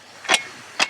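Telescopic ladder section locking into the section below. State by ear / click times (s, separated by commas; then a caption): seated / 0.3 s, 0.8 s. A DEZEX telescopic ladder is being extended, with each section locking into the section below it. Two short, bright clicks sound at 0.3 s and 0.8 s over a low background hiss, and each click marks a section seated and locked.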